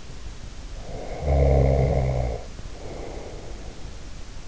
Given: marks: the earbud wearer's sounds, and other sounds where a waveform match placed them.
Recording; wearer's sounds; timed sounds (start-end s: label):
sounds in sleep by an in-ear microphone; snoring breath
0.98-3.89 s: snoring breath